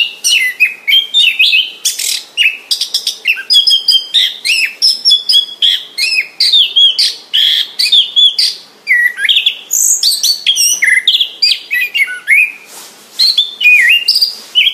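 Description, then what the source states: Orange-headed thrush singing continuously, a rich jumble of high whistled phrases, slurred notes and rapid chattering trills with hardly any gaps. Singing vigorously, described as gacor.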